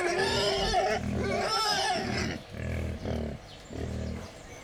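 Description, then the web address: Wild boar squealing loudly for about two seconds in wavering, harmonic cries, then a few deep grunts. Captive wild boar at Jászberény Zoo, excited before feeding, 28 April 2015. "allathangok jaszberenyizoo 2015 professzionalis vaddiszno etetesrefelajzva 04 28"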